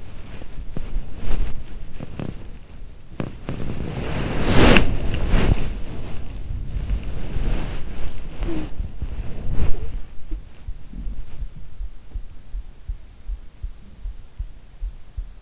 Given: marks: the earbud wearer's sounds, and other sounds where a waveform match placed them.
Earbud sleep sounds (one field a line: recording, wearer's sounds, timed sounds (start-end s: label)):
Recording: sounds in sleep by an in-ear microphone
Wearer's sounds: body movement, teeth grinding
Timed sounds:
0.00-15.42 s: body movement
1.83-2.58 s: teeth grinding
3.08-3.65 s: teeth grinding